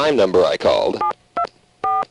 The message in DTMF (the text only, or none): 724